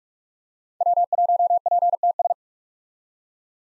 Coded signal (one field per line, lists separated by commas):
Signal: Morse code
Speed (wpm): 46 wpm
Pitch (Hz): 700 Hz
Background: none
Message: W1PTS